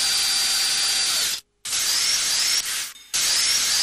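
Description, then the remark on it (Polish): A dental drill whirs with a high, thin whine that rises in pitch, cutting out briefly twice before spinning back up. No voices are heard. “Wystarczy dźwięk wiertła albo płacz pacjenta i już ząb na przykład przestaje boleć.”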